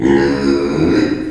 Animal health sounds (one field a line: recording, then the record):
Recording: squeal of a Yucatan mini pig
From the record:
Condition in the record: before surgery on the right vocal fold (resection and tissue-engineered implant)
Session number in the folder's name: 2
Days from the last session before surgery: -15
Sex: female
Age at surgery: 19 weeks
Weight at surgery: 25 kg